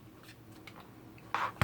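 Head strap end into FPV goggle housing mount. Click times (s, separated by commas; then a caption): 1.3 s, 1.6 s. The end of a head strap is pushed into the mount on the housing of Fatshark Dominator V3 FPV goggles. Faint low background noise and a few soft ticks give way to a loud clicking burst at 1.3 s and a sharp, short snap at 1.6 s. The strap snaps into place and is seated.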